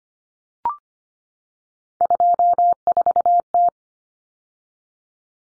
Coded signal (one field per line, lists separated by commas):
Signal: Morse code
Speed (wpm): 25 wpm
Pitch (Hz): 700 Hz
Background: none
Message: 24T